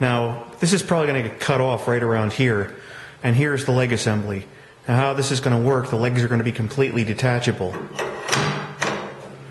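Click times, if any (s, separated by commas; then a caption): 8.8 s. Someone talks while a detachable steel leg assembly for an ammo can stove is pushed into a channel cut in the square steel stock that houses it. At 8.8 s it seats with a single metallic thump, locking into place in a bolt-action-rifle-like way.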